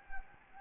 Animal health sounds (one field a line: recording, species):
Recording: mosquito wingbeat signal from an infrared sensor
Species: Anopheles gambiae